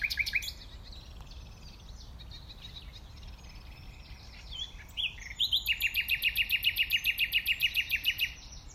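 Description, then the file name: Common nightingale song: a brief loud burst, quiet scratchy notes and whistles, then a long rapid trill of repeated sharp notes lasting about three seconds. "Luscinia megarhynchos"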